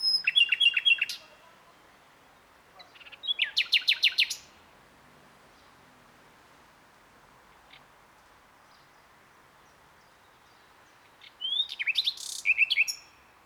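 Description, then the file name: Common nightingale song in three bursts of quick, repeated high notes separated by long silences. "Luscinia megarhynchos"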